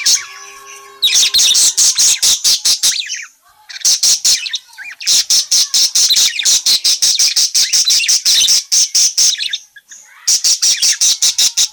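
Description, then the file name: Parakeet calls: long, almost continuous strings of harsh, rapidly repeated high notes, broken by short pauses. Calling parakeet, described as gacor (in full, persistent voice). "suara burung parkit gacor memanggil"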